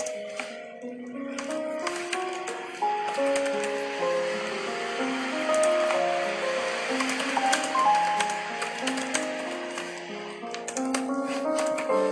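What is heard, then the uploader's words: Soft piano music plays a slow, steady melody of gentle notes in the middle register, one tone gliding into the next. Over it, light typing clicks and scratchy pencil and paper sounds come in frequent irregular bursts, and the overall level stays even throughout. Soft piano music. Pencil, flipping pages and typing ASMR. There's sound of typing on the keyboard and stuff.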